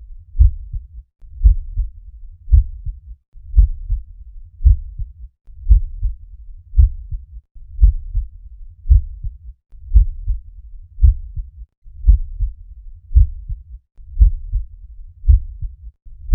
Normal Heart Sound.